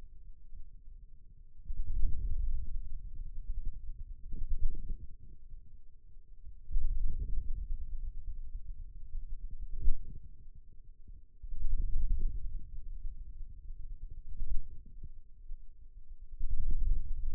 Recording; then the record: forearm muscle sounds (acoustic myography)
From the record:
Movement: wrist flexion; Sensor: system 2, bracelet of six BSWA MPA416 microphones around the upper forearm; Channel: 4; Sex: male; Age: 22 years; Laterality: right